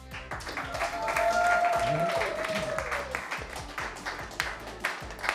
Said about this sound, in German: Zum Beispiel, vielleicht können wir jetzt noch einen Applaus für jeden Namen erzeugen. Ich gehe die Liste von oben nach unten durch und ich wünsche Applaus von jedem.